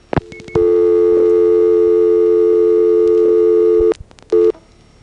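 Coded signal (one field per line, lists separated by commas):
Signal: telephone call progress tone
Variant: North America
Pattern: dial tone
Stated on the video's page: Recording of the analog telephone network in the 914 area of New York, around Warwick.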